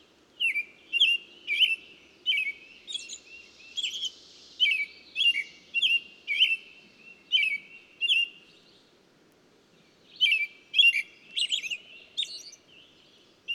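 Bird song: a run of quick twittering chirps about twice a second, a brief pause near ten seconds, then more chirps, over soft low background noise.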